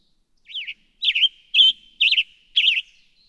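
Western tanager singing five burry, up-and-down slurred phrases at about two per second, each hoarse and buzzy.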